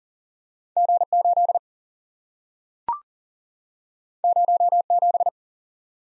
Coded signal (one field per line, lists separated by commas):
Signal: Morse code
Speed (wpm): 40 wpm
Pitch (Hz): 700 Hz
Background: none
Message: G 8 0 7